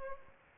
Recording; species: mosquito wingbeat signal from an infrared sensor; Aedes albopictus